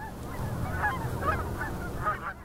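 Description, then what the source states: Snow goose: snow geese honking in a dense flock, many overlapping nasal barks and yelps rising and falling continuously, with a steady low rumble underneath. Snow geese in January 2017.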